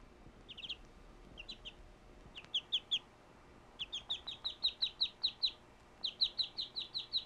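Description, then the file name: Bird chirping in high, clipped notes. Scattered pairs at first, then a brisk repeated run over a low background hiss. "Birds chirping and tweeting"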